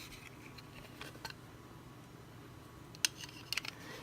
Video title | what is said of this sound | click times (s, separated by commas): Re-Ment: Our Home Furniture (full set) | just kind of sits there doesn't really click in place or anything but it holds okay like if you shake it it comes off | none